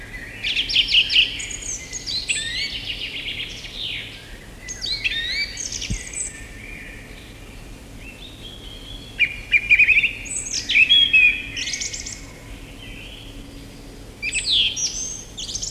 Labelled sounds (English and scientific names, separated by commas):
Song Thrush (Turdus philomelos) song